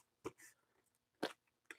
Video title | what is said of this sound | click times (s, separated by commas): I'M BACK! GarrytheGremlin LIVE No. 8! Opening the INDOMINUS REX | Okay, that's not really a satisfying click in place like I would have liked, but it it's there, you know, | 1.7 s